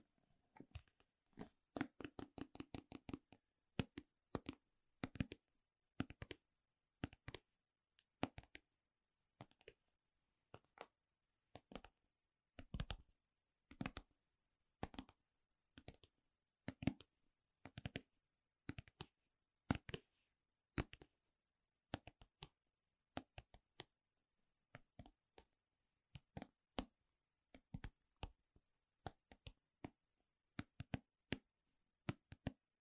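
Fingers tap on Apple gear such as keyboards, laptops and product boxes, each tap a crisp, bright click. A quick flurry of rapid taps opens the clip, then the taps slow to a loose rhythm of single strikes and short clusters with silent gaps between.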